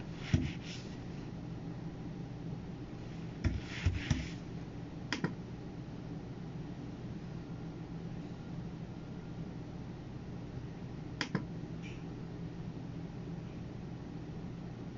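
Sounds of working at a computer: a few sharp key clicks and taps come in small clusters near the start, around four to five seconds, and again near eleven seconds. Beneath them runs a steady low hum with a faint hiss.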